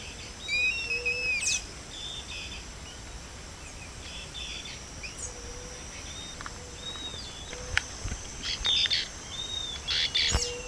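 Bird whistles, short and clear, some high and level, others lower and brief, scattered throughout over steady background hiss.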